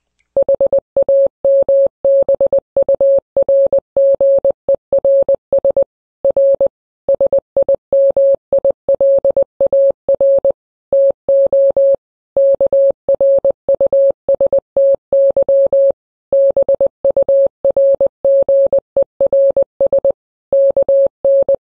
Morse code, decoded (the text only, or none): HAMBURGERS R SIMILAR TO KRUSTY BURGERS KN